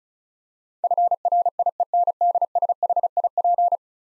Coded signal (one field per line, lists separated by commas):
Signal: Morse code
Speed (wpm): 36 wpm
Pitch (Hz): 700 Hz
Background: none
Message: FRIENDSHIP